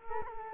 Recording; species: mosquito wingbeat signal from an infrared sensor; Culex quinquefasciatus